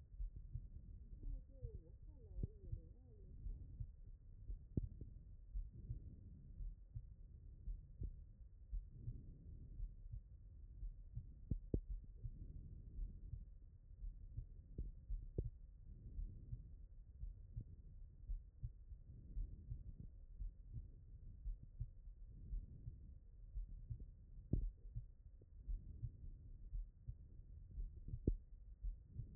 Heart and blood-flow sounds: heart sounds by stethoscope; aortic valve (AV)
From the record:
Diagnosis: non-HFrEF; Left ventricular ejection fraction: 63%

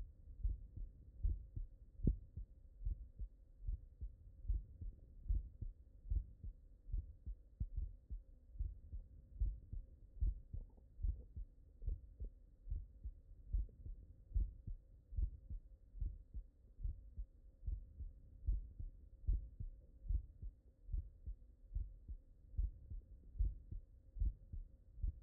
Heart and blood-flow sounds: heart sounds by stethoscope; mitral valve (MV)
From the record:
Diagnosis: non-HFrEF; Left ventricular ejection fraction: 75%

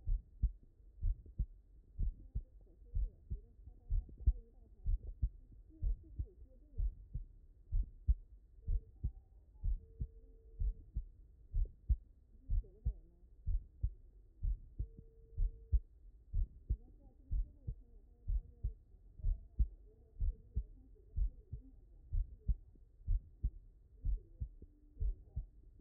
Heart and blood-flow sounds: heart sounds by stethoscope; mitral valve (MV)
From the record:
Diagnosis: non-HFrEF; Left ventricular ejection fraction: 71%

